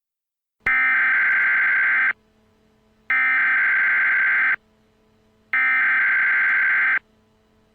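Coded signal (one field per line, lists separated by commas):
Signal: Emergency Alert System (SAME) tones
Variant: header bursts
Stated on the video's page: Simulated EAS scenario tones for a fictional zombie event.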